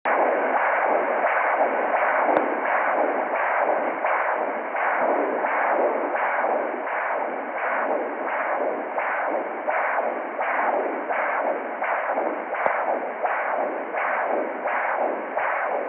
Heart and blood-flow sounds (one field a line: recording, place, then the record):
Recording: Doppler ultrasound of blood flow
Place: carotid artery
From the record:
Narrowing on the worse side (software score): occlusion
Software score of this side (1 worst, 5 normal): 1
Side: left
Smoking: never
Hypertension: yes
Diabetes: type 2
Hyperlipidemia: yes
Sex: female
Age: 72 years